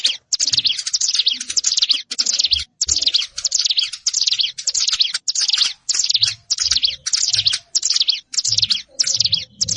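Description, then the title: Prinia song of rasping, buzzy high phrases delivered in a fast, regular series with brief gaps between. Recorded in a rice field. "Ciblek Sawah 1"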